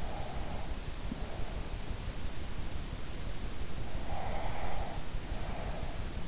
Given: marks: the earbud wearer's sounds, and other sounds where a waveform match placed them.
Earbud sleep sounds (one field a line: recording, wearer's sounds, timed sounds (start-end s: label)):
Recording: sounds in sleep by an in-ear microphone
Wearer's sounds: breath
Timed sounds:
0.00-1.50 s: breath
4.15-5.97 s: breath